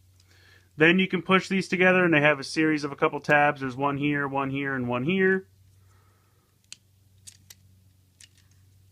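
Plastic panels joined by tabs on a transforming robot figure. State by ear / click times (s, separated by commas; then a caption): seated / 6.7 s, 7.5 s, 8.2 s. Someone talks while two plastic panels of a transforming robot figure are pushed together onto a series of three tabs. After the talk stops, sharp plastic snaps are heard at 6.7, 7.5 and 8.2 seconds, and the panels are seated on their tabs.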